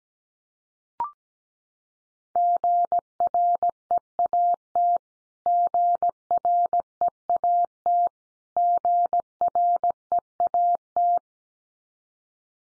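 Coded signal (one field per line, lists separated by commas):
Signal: Morse code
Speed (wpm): 17 wpm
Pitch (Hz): 700 Hz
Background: none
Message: GREAT GREAT GREAT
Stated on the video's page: Morse word drill of the 500 most common English words at 17 wpm, each word sent three times, then once more.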